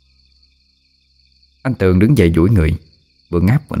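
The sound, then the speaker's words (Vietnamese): Crickets chirp far off all around a silent house in a thin, steady, high-pitched drone, alone at first and then continuing faintly beneath a man speaking. “Sự yên tĩnh bao trùm lên ngôi nhà, bốn bề chỉ có tiếng dế kêu xa xa vọng lại.”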